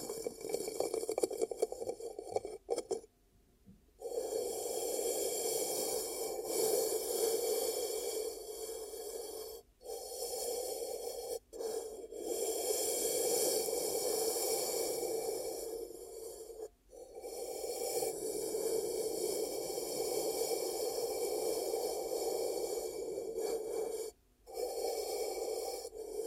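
Ear cupping sounds: hands close over the microphone in a dense, steady, muffled whooshing with a bright hissy edge. The rubbing runs in long stretches, broken by brief silent gaps near 3, 10, 12, 17 and 24 seconds as the hands lift and return.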